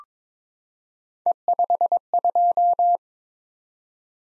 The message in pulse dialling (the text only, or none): none